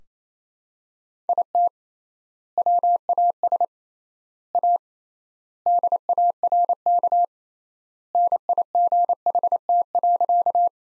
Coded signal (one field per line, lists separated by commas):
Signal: Morse code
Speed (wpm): 28 wpm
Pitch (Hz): 700 Hz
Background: none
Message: IT WAS A DARK NIGHT.